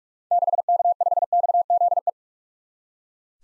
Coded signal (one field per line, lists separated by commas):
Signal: Morse code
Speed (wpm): 41 wpm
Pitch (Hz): 700 Hz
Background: none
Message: 6K5XZE